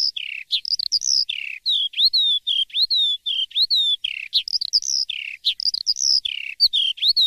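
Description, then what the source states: Lark song: varied, rapid phrases of rising and falling whistled notes, with brief pauses between bursts and no other sounds. Masteran recording, used to train songbirds to copy song.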